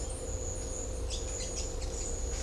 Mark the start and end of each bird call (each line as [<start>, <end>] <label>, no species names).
[1.05, 1.69] bird call